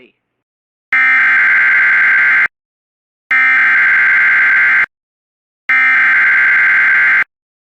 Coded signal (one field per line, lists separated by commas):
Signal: Emergency Alert System (SAME) tones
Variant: header bursts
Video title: EAS Alerts From 7/18/23 (EAS #1917-1936)